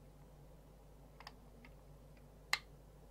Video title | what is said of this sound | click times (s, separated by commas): Build the Classic Routemaster Issue 38 | that just clicked into place it was an absolutely beautiful fit okay | 2.5 s